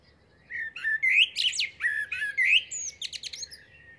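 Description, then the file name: Common blackbird singing one rich, fluted phrase of mellow warbled notes, then a rapid string of thin, high squeaks and chips at the end. "Turdus merula"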